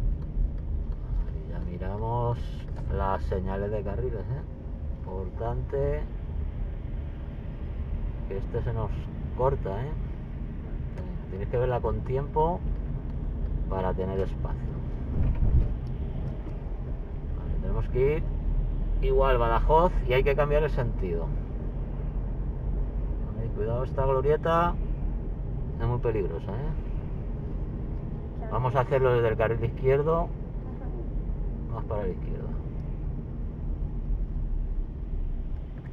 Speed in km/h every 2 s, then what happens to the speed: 25, 26, 26, 24, 25, 26, 28, 28, 30, 33, 31, 32, 36, 39, 40, 39, 39, 37.
0-27 speeds up to 40. 27-36 steady at about 39.